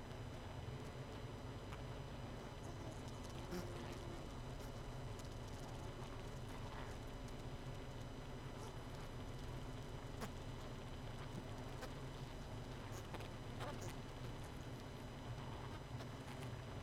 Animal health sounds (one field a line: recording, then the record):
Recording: honeybee colony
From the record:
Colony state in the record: missing queen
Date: 31 May 2018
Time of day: 21:52